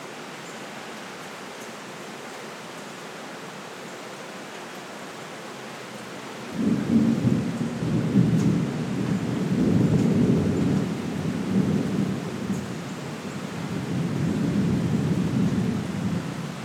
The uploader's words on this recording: Rain + Thunderstorm Sleep Sounds Meditation. The soothing sounds of a summer storm.